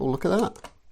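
Someone talks while the plastic abdomen assembly of an Iron Man Fanhome model figure is handled and pushed toward its chest and upper body, with a few faint sharp plastic taps. Nothing has seated or clicked into place yet.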